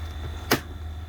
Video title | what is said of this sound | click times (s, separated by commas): PHILIPS RESPIRONICS BiPAP PRO DEMO | ये टक करके आवाज़ आएगी, इसका मतलब ये फिक्स हो गया। अभी दोनों जुड़ गए हैं आपस में। | 0.5 s